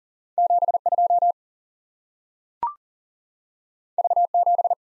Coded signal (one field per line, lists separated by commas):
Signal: Morse code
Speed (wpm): 42 wpm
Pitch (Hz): 700 Hz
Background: none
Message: 7 2 V 7